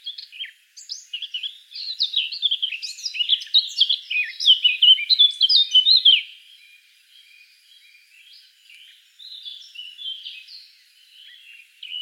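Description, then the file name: Eurasian blackcap warbling: a lively six-second stream of quick varied notes and whistles, followed by quieter scattered warbled phrases. "Sylvia atricapilla"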